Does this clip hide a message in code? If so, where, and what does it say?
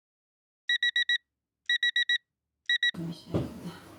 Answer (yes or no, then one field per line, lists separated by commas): no